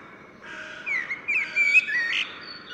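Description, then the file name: Common blackbird, a short mellow warbled phrase with slurred whistles rising and falling, over light background hiss. "Turdus merula"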